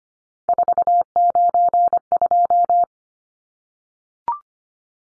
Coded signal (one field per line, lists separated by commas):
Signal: Morse code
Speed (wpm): 25 wpm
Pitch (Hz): 700 Hz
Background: none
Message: 492